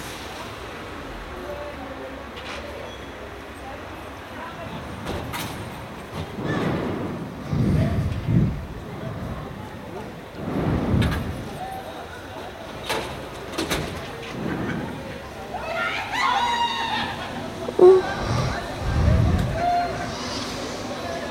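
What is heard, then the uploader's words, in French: City noise drifts through an open window: a steady low traffic rumble, voices rising in bursts after five seconds, occasional knocks and a brief squeal. C'était l'été 2003, pendant la canicule. Par la fenêtre ouverte à cause de la chaleur, les bruits de la ville pénétraient dans la chambre.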